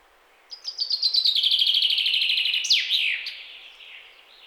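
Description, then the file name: Common chaffinch delivering a single song phrase: rattling, descending run of crisp notes building in strength, then a sudden sweeping end flourish and fading tail. "Fringilla coelebs"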